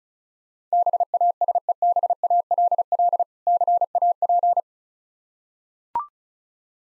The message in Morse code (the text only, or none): BASEBALL CAP